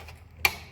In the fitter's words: hear that click there it is